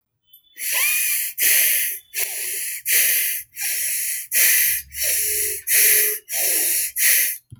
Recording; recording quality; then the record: shallow breathing; excellent, no background noise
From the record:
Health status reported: recovered from COVID-19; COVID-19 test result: negative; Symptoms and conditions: none ticked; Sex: female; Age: 21 years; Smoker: not ticked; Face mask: not worn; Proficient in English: yes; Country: India